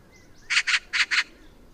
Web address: sound Oriental-magpie. صدای-پرنده-زاغی-خاوری